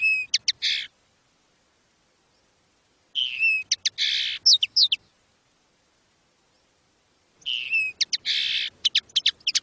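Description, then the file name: Common linnet song: short bursts of rapid twittering and buzzy notes, three high phrases separated by pauses. Recorded in 2019. "Canto del Pardillo 2019 Chant linotte 2019"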